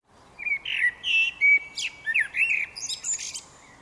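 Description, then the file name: Common blackbird song: a mellow, fluting warble of low whistled notes followed by a high, squeaky twittering flourish at the end, with faint background hiss. "Turdus merula"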